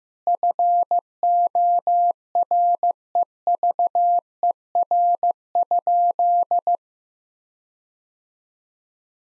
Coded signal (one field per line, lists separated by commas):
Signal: Morse code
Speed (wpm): 15 wpm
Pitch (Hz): 700 Hz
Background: none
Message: FOREVER?